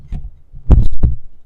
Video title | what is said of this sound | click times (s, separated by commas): 2024 custom build (POV) | that satisfying click | 0.7 s